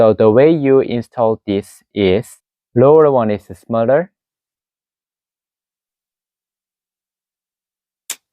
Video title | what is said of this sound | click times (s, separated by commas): Dr-Kim Loupe, Explained _ the World BEST Headlamp & Loupes | Set it all the way down and you hear the click. | 8.1 s